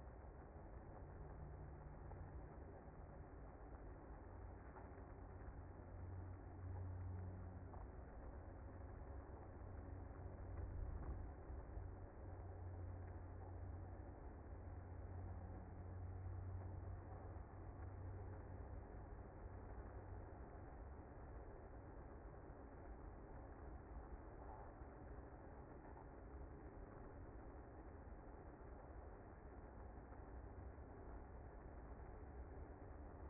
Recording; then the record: honeybee colony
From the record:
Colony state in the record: active